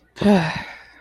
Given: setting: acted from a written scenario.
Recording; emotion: vocal sound without words; relief